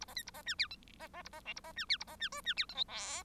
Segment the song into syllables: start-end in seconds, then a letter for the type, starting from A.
0.00-0.05 A, 0.07-0.14 B, 0.16-0.22 C, 0.26-0.31 A, 0.33-0.42 B, 0.46-0.55 D, 0.58-0.68 E, 0.70-0.76 F, 0.99-1.08 B, 1.13-1.22 B, 1.24-1.29 A, 1.32-1.40 B, 1.45-1.53 G, 1.56-1.60 A, 1.64-1.72 B, 1.76-1.85 D, 1.88-1.98 E, 2.00-2.04 A, 2.07-2.16 B, 2.19-2.29 D, 2.31-2.41 H, 2.44-2.54 D, 2.56-2.66 E, 2.68-2.75 F, 2.75-2.84 I, 2.88-3.23 J